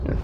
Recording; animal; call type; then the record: contact call of a hoofed animal; wild boar; grunt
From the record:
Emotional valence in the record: positive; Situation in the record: food anticipation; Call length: 0.24 s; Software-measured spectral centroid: 860 Hz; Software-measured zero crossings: 360 a second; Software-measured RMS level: -25 dBFS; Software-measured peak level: -12 dBFS